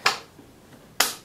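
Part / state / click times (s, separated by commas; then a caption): spark plug cap onto spark plug of moped engine / seated / 1.0 s. A rubber HT lead boot, the spark plug cap, is pushed back onto the spark plug of a 50cc moped engine. A sharp snap at 0.1 s is followed by a louder, crisp click at 1.0 s as the cap seats. The cap goes on with a good connection.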